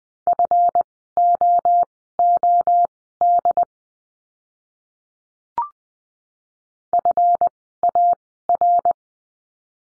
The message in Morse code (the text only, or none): FOOD FAR